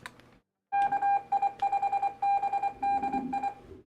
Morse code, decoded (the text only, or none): KI5BDI